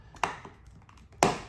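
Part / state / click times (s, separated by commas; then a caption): smartphone into protective case / seated / 1.2 s. A space black iPhone 14 Pro Max is pressed into an Otterbox Symmetry+ Clear case, a clear hard plastic case with TPU sides. A sharp click at 0.2 s and fainter taps are followed by a loud, solid snap at 1.2 s as the case seats fully onto the phone.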